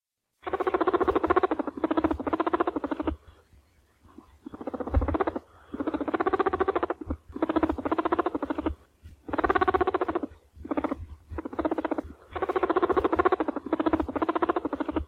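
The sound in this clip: Rabbit purring in bursts of rapid, buzzy vibrating sound of varying length, separated by brief pauses.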